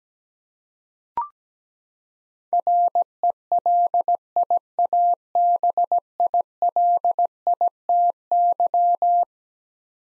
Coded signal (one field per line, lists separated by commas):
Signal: Morse code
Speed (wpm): 17 wpm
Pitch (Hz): 700 Hz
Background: none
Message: RELIABILITY